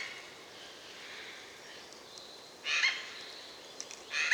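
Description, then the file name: Eurasian jay giving two rasping screeches in the second half, after a quieter stretch with faint calls and steady background hiss. "Garrulus glandarius"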